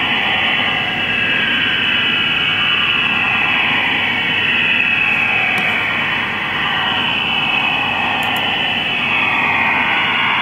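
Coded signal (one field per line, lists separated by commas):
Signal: HF data modem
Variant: STANAG 4285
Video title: IDR Rome Stanag 4285 - Shortwave 6333Khz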